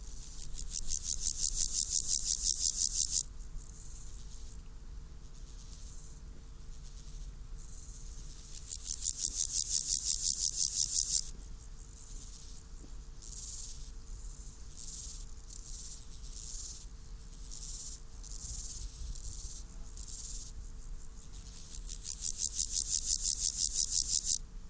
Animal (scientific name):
Chorthippus parallelus